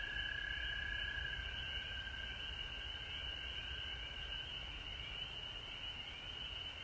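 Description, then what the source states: A chorus of frogs in an unbroken high trill, loudest at the start and softer later. Frogs recorded at home in Georgia on March 19, 2020.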